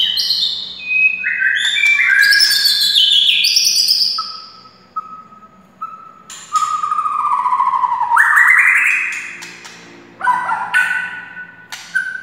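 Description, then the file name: White-rumped shama song: clear sliding whistles and rising notes, in bursts separated by short quiet gaps. Wild white-rumped shama (murai hutan). "suara murai hutan asli"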